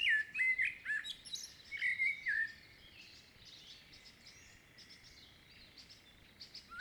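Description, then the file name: Common blackbird song, one rich fluted warble finishing in thin high twitters, then near silence with a soft note at the very end. "Turdus merula"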